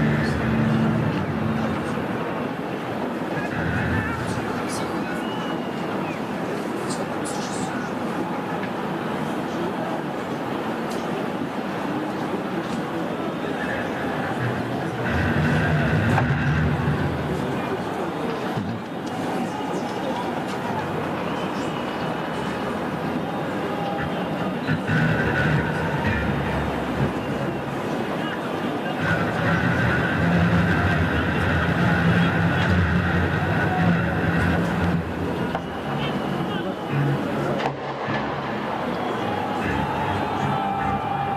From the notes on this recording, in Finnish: aitoja, dokumentaarisia ääniä, jotka on nauhoitettu Valkovenäjällä meneillään olevissa mielenosoituksissa